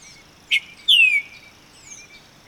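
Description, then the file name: Epaulet oriole giving a short sharp note followed by a loud, descending whistled slur, then faint softer notes. Recorded on 31 August 2011. "20110831 ICTCAY"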